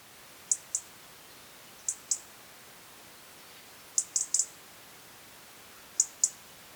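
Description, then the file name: European robin giving high, thin ticking calls, mostly in quick pairs, repeated every one and a half to two seconds or so, with a short cluster near the middle. "Erithacus rubecula"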